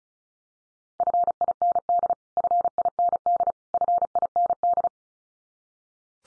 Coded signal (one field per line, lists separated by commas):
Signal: Morse code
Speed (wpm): 34 wpm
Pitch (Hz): 700 Hz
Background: none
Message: FIND FIND FIND